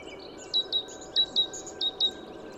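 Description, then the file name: Great tit calls: short high notes with a quick downward flick, given in pairs, about six notes over two seconds against a steady low background hiss. "Parus major"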